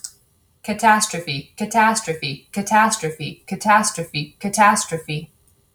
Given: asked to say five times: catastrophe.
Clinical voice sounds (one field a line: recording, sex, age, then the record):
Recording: repeated word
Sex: female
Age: 30 to 39 years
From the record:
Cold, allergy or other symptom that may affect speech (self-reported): no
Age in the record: 32 years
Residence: Washington, United States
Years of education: 16